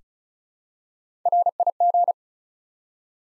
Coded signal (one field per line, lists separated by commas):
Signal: Morse code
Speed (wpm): 36 wpm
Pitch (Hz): 700 Hz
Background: none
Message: RIG